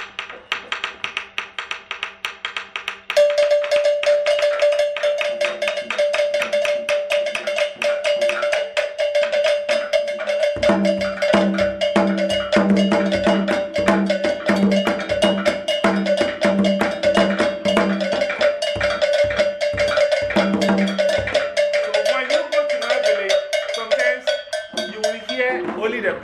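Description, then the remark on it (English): During a drumming class practice, bells clang in a fast, steady rhythm with a bright ringing tone, loud and continuous, and a deeper drum beat joins about halfway through and plays along until near the end. “Okay, so let's do it with the bells.”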